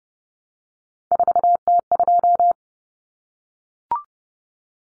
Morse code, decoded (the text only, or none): 4T2